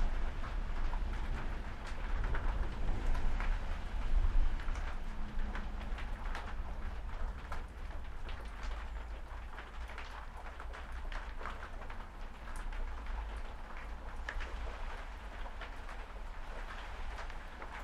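A storm heard from inside a shed: a steady, dense wash of rain patter with scattered sharper drops tapping the roof. A deep low rumble sits underneath, strongest in the first five seconds, then the sound settles to an even, slightly quieter level.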